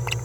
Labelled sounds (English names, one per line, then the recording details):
Green-rumped Parrotlet babbling
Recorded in a nest box in Venezuela
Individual 18B17A4